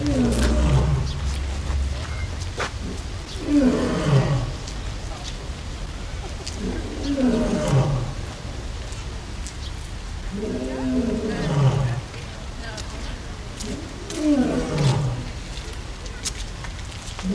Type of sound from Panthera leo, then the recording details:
call. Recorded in captivity. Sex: male. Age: adult. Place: Zoo Berlin, Berlin, DE. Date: 2008-09-05 14:20. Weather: partly cloudy, ca. 23°C. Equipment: Sony WM-D6C, Sennheiser ME 80, Kopie Uher 4000 Report Monitor. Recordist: Tembrock, Günter